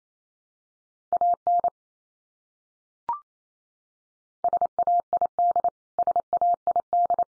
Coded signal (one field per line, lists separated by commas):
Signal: Morse code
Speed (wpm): 28 wpm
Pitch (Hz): 700 Hz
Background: none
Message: AN SAID SAID